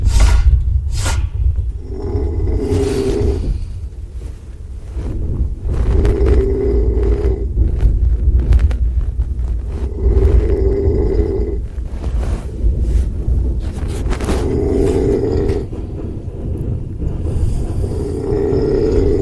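Very loud, low droning snores from a sleeping adult recur about every four seconds, roughly 15 per minute, with a steady rhythm over a constant low rumble in the background. Heavy snoring during sleep.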